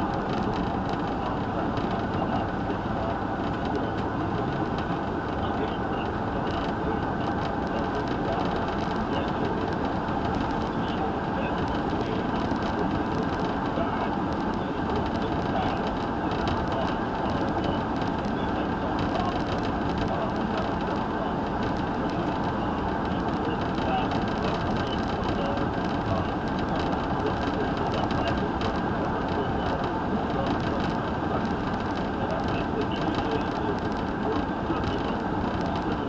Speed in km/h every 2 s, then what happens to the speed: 101, 101, 105, 106, 109, 111, 111, 111, 111, 111, 111, 111, 111, 111, 111, 111, 111, 111.
0-9 speeds up to 111. 9-36 steady at about 111.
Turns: none.